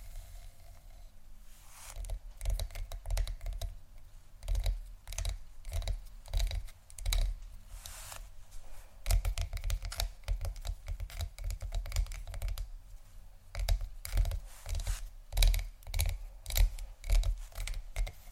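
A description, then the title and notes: Fingers scratch and tap on tingly textures in quick, dense bursts, a crisp clicking patter much like typing on a keyboard. After a quieter first two seconds, the taps run nearly continuously with brief pauses, over a steady low hum underneath. ASMR Scratch & Tap On Tingly Textures（No Talking）.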